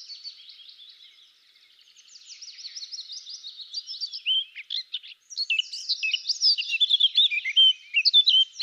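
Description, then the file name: Eurasian blackcap giving a long quiet rasping warble that swells into loud, bright, quickly varied musical notes. "Sylvia atricapilla"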